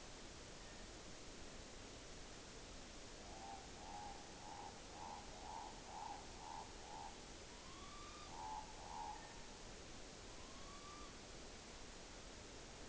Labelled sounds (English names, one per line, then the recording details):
Morepork rororo call
Morepork trill
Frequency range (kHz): Morepork 0.6-6.3 kHz
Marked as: faintness 1/5, faintness 3/5
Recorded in New Zealand on 9 October 2013
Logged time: 17:00
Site Ponui